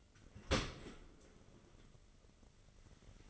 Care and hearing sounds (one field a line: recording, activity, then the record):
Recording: daily activity, microphone in the room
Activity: open dishwasher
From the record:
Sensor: 4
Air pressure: 1003.9 hPa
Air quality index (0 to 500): 151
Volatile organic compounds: 2 ppm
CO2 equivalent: 1079 ppm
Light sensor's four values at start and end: 22/52/22/23 and 22/53/22/23